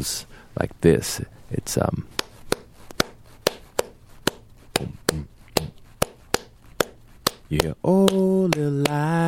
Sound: clapping bamboula rhythm; singing

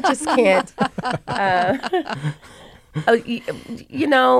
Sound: soundbite of laughter

